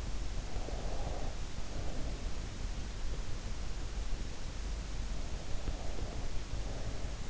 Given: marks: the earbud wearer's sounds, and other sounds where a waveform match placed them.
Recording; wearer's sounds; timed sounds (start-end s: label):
sounds in sleep by an in-ear microphone; breath
0.34-2.13 s: breath
5.34-7.30 s: breath